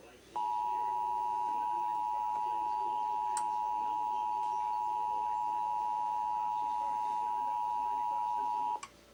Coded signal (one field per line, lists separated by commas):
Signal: Emergency Alert System (SAME) tones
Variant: 853 and 960 Hz attention tone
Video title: Pennsylvania Required Monthly Tests (7/15/21)(EAS 796-801)